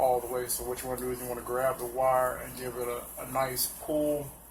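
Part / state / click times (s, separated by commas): crimped wire pin into battery connector housing / not seated / none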